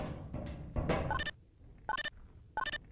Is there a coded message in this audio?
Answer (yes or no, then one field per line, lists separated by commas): no